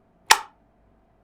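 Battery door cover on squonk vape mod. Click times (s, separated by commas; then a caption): 0.3 s. A magnetic battery/bottle cover is pressed back onto the body of a squonk vape mod and snaps shut with a single sharp, bright click at 0.3 s, followed by a brief fading ring. The cover is seated solidly, held in place by strong magnets.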